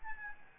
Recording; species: mosquito wingbeat signal from an infrared sensor; Aedes albopictus